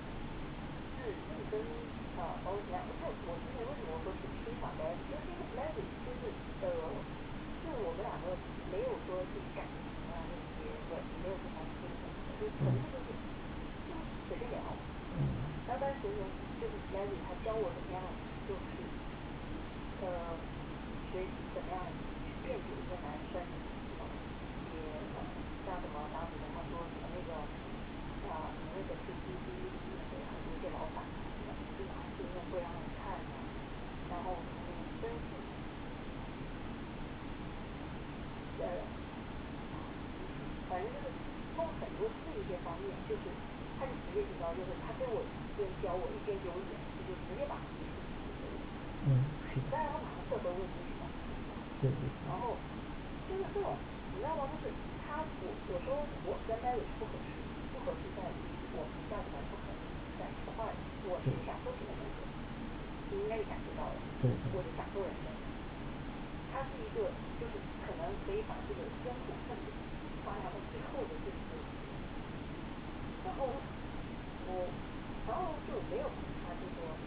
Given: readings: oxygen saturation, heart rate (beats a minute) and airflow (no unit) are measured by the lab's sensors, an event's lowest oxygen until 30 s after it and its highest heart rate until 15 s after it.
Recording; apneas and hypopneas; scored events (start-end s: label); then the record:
a person awake in a sleep study, by a voice recorder at the bedside; none
0.00-77.06 s: awake
From the record:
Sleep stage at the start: awake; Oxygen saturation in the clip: 94 to 95%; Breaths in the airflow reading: 31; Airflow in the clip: -4.6 to 4.9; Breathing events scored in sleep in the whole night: 216 in 7.0 hours asleep